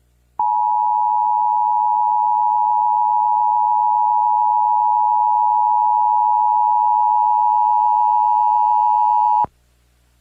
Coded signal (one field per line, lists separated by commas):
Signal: Emergency Alert System (SAME) tones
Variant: 853 and 960 Hz attention tone